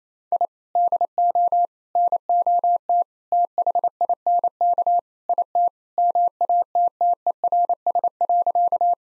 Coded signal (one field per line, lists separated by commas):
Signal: Morse code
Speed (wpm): 28 wpm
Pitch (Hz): 700 Hz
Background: none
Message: I DO NOT THINK IT MATTERS.